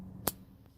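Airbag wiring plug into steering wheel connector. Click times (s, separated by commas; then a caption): 0.3 s. A color-matched electrical plug is pushed into the driver steering wheel airbag connector on a '19 Hyundai Veloster during airbag and steering wheel replacement. A single sharp, bright click at 0.3 s stands out over a low steady hum, followed by a much fainter tick at 0.7 s. The click confirms the airbag connector has seated.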